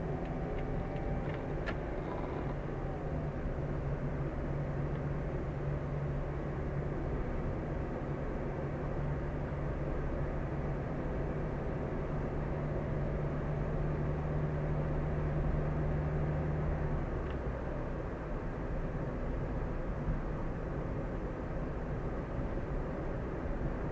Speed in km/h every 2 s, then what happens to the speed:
38, 42, 44, 46, 47, 48, 49, 50, 51, 49, 48, 48.
0-7 speeds up to 47. 7-24 steady at about 48.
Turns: none.